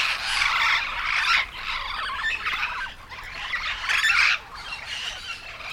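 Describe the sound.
Yellow-shouldered parrot squawking calls, a dense run of harsh, raspy notes with louder bursts near the start and around four seconds.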